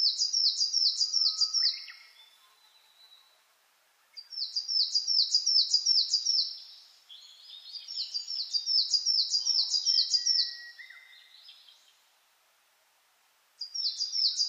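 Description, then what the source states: Coal tit singing bright, high-pitched strophes of quick repeated notes, four bursts separated by short pauses. Recorded 10 June 2009 at 06:39.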